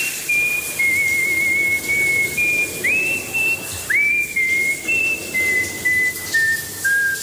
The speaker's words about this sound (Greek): Όταν κάνω ντους, σφυρίζω και κάνω πολύ φασαρία, δυστυχώς. Όχι, αυτό θα μείνει μεταξύ μου και του ντουζιέρα, με συγχωρείτε. Σφυρίζω, αλλά δεν θα το ξέρετε εσείς.